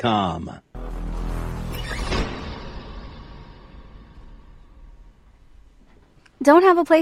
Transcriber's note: door shuts